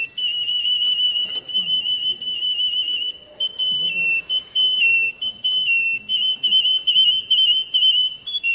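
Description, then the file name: Atlantic canary singing a long, nearly unbroken run of rolled whistled tones, held at a steady high pitch with brief dips and slight wavering. Domestic canary of the Russian song type. "kenarirusia omkicau"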